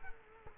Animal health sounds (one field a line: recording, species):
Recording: mosquito wingbeat signal from an infrared sensor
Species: Culex quinquefasciatus